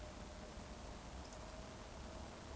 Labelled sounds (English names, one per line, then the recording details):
Eurasian Woodcock whistle
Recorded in Baden-Württemberg, Germany, on 24 June 2020 at 20:36 UTC
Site 14569, 102 m above sea level